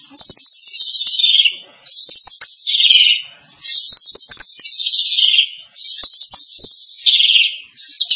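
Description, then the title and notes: Starling song of high, rapid warbling phrases with gliding, falling whistles, repeated with brief silences between them. "suara burung jalak"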